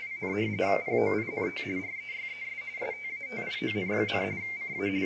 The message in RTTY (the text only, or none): POINT REYES STATION, CA